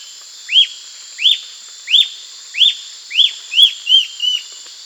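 Bird calls: eight sharp arched whistles, speeding up toward the end, with a constant shrill hum in the background.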